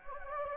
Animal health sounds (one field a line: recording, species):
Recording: mosquito wingbeat signal from an infrared sensor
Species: Anopheles gambiae